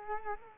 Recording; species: mosquito wingbeat signal from an infrared sensor; Culex quinquefasciatus